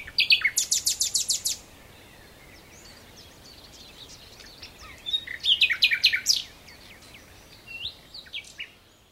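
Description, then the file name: Common nightingale song: opens with a loud, rhythmic series of repeated notes, then quiet, then a jumbled phrase of sharp chirps. "Luscinia megarhynchos"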